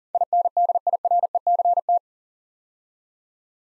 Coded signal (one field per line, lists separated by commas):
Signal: Morse code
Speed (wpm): 39 wpm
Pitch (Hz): 700 Hz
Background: none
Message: INDIRECT